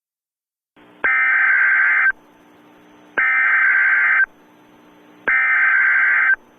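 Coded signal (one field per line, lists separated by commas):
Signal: Emergency Alert System (SAME) tones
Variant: header bursts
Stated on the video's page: Fictional EAS scenario about an extreme hostage situation, simulated rather than real.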